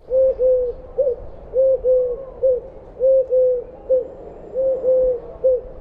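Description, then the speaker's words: Eurasian collared dove calling, clear three-note cooing phrases, two longer notes then a short one, repeated about every second and a half. Calls clearly in three syllables, roughly 'du du du'. "Türkentaube ruft klar und dreisilbig etwa du du du."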